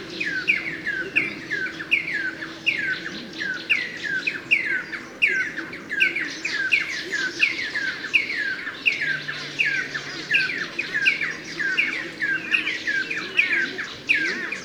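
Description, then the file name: Red-and-yellow barbet calls: a busy series of repeated squawky, downward-curving notes with chattering overlap and a faint low hum beneath. "Koshlar tavyshy - YAlkynbashly trahifonus Trachyphonus erythrocephalus"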